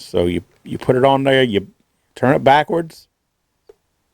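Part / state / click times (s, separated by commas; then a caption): screw into plastic joystick controller housing / seated / 3.7 s. Someone talks while a screw is set on a plastic Bally Astrocade joystick controller housing and turned backwards. At 3.7 s a single faint, short click is heard as the screw drops into the original thread groove, showing it is seated and can be screwed in without cross-threading or stripping.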